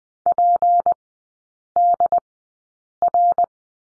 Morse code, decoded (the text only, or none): PDR